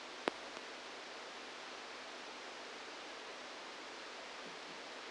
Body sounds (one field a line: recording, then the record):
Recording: brain microelectrode recording played as sound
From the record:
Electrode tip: outside the subthalamic nucleus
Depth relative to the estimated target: -8 mm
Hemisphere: left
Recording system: NeuroSet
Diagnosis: Parkinson's disease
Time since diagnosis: 10 years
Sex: male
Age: 63 years